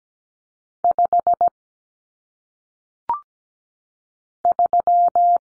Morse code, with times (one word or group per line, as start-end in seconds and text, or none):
0.8-1.5 5
4.4-5.4 3